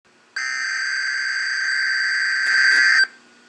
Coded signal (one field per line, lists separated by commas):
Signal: Emergency Alert System (SAME) tones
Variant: header bursts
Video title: Tornado Watch (EAS#12)